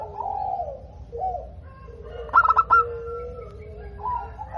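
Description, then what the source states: Zebra dove song: soft, wavering low coos and a held tone, broken by a quick cluster of sharp staccato notes in the middle. Local zebra dove in top singing form (gacor), with a loud, crystal-clear voice.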